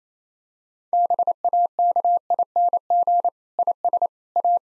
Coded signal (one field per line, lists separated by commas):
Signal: Morse code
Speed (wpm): 27 wpm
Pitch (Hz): 700 Hz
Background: none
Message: BAKING IS A